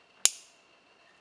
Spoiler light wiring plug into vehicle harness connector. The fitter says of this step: click and that lets you know it's in there